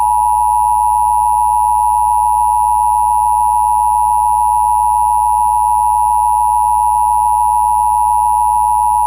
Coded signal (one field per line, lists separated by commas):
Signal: Emergency Alert System (SAME) tones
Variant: 853 and 960 Hz attention tone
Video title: EAs Introduced Starts (Reupload)